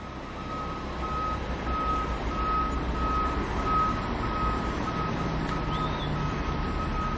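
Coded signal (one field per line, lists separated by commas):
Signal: alarm pattern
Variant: forklift reverse beeper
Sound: steady repeating high beeps about twice a second over a rumbling engine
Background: engine rumble, outdoor noise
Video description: realistic forklift beeping sound effect, mimicking the classic reverse alarm of a fork truck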